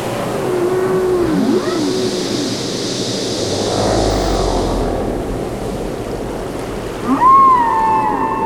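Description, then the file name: Whale song with low curving moans and sweeping tones, then a rising whistled upsweep with a held tone near the end, over a steady watery rumble. "Sleep Sounds of Nature - Secret Whale Songs"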